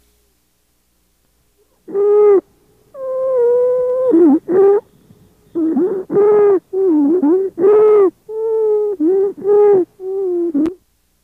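Loud, musical crowing sounds of constant pitch repeat with breathing in a child with croup: stridor, set apart from a monophonic wheeze by its intensity, caused by obstruction of central airways such as the trachea or larynx.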